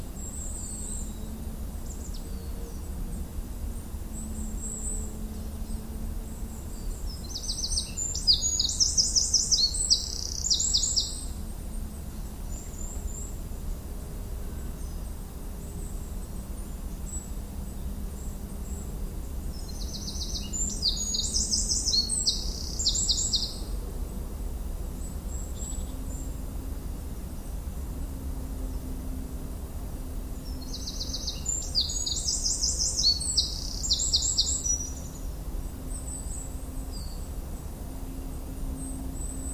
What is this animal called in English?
Eurasian Wren